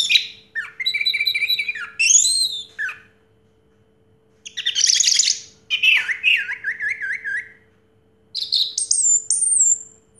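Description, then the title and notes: Orange-headed thrush singing in separate bursts with pauses between: wavering whistles, rapid twittering sections and a final rising, slurred whistle, over a faint steady hum. Anis merah song in the 'teler' style, with a clear voice. "Anis Merah Teler Suara Jernih. suara anis merah"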